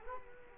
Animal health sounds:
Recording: mosquito wingbeat signal from an infrared sensor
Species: Culex quinquefasciatus

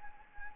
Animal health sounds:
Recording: mosquito wingbeat signal from an infrared sensor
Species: Anopheles gambiae

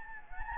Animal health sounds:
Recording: mosquito wingbeat signal from an infrared sensor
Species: Anopheles gambiae

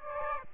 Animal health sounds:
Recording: mosquito wingbeat signal from an infrared sensor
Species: Aedes aegypti

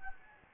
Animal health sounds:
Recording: mosquito wingbeat signal from an infrared sensor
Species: Anopheles gambiae

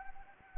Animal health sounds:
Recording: mosquito wingbeat signal from an infrared sensor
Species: Anopheles arabiensis

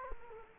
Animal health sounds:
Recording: mosquito wingbeat signal from an infrared sensor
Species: Culex quinquefasciatus

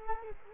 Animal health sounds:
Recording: mosquito wingbeat signal from an infrared sensor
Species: Culex quinquefasciatus

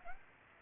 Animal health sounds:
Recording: mosquito wingbeat signal from an infrared sensor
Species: Aedes aegypti

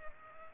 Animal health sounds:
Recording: mosquito wingbeat signal from an infrared sensor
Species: Aedes aegypti

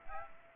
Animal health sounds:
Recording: mosquito wingbeat signal from an infrared sensor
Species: Aedes aegypti

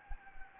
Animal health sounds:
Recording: mosquito wingbeat signal from an infrared sensor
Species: Anopheles gambiae

